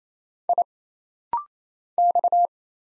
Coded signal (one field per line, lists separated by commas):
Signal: Morse code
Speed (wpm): 27 wpm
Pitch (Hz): 700 Hz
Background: none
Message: I X